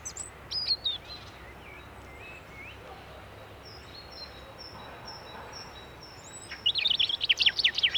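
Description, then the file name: European robin, mostly quiet with faint thin whistles, then a burst of rapid, high, jangling warbled notes at the end. "Erithacus rubecula"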